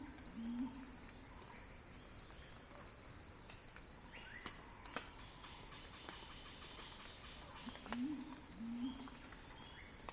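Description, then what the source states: Cicada song, a continuous piercing drone with occasional faint clicks, and low two-part calls near the start and end. Cicada song building in a crescendo, recorded by Axel Drioli for Earth.fm's Sounding Wild.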